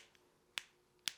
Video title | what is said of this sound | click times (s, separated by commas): The Perfect Micro Torque Wrench? Let’s Find Out! | it stops and you know you got that nice audible click to know you're at the right torque specs | 0.6 s, 1.1 s